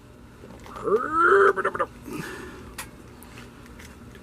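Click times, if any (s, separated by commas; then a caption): none. A roaring plastic head is pushed onto the neck peg of an Ultimate Kessler Werewolf 7-inch scale action figure from An American Werewolf in London, while a growling, roar-like animal sound rises and falls from about 0.8 to 1.8 s and someone talks. Nothing has seated or clicked yet: no pop is heard, and the head may not be fully home.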